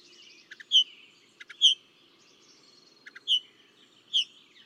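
Northern mockingbird giving spaced slurred whistles, most preceded by short clicking notes.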